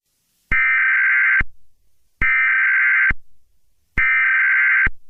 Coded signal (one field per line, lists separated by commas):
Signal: Emergency Alert System (SAME) tones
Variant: header bursts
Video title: eas scenario catemojibabyheat part 22